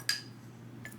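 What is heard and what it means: A cap is placed onto a fragrance spray bottle and seats with a sharp, bright clink at 0.1 s, with strong ringing overtones near 1.7 kHz and 5 kHz. Quieter clicks and light handling taps follow around 0.8–1.1 s. The cap holds in place and is judged solid.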